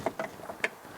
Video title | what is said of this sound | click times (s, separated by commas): Tesla Model 3 / Y Soft Closing Door Installation Guide + Fixing your window motor cable system. | hear that click | 0.6 s